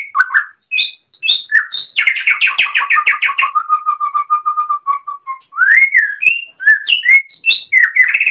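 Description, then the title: Oriental magpie-robin song: sharp high whistles, then a burst of rapid buzzy notes, a steady string of low whistled notes, and rising sweeping phrases at the end. "Kicau Kacer"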